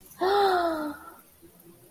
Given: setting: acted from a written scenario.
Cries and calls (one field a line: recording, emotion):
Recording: vocal sound without words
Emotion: awe